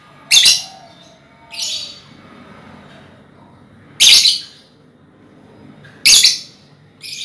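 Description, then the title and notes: Lovebird chirps: harsh, high-pitched squeaky bursts given singly at irregular intervals, with quiet gaps between. Ngekek song, used as a lure song (kicau pancingan). "Master Kicau Lovebird ngekek, kicau pancingan"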